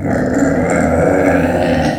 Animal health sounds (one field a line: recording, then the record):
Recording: squeal of a Yucatan mini pig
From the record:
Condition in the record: after surgery on the right vocal fold (resection and tissue-engineered implant)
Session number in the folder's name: 2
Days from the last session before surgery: 18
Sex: female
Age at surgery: 19 weeks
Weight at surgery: 25 kg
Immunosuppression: prednisolone